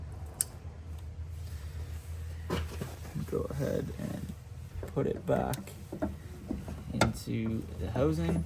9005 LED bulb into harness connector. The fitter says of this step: and then just push till you hear a click